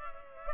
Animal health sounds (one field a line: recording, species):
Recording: mosquito wingbeat signal from an infrared sensor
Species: Culex pipiens